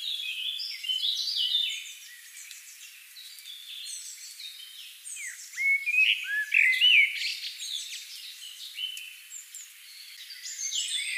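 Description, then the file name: Common blackbird fluting a clear phrase near the middle amid a dense chorus of high, chattering birdsong. "Turdus merula"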